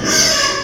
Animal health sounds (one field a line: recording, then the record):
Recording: squeal of a Yucatan mini pig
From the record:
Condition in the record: before surgery on the right vocal fold (resection and tissue-engineered implant)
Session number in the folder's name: 1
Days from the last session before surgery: -3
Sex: male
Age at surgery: 12 weeks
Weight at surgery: 13 kg